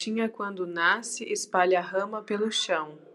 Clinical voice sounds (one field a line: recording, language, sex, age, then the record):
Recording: short text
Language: Brazilian Portuguese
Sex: female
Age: 30 to 39 years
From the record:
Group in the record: control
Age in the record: 35 years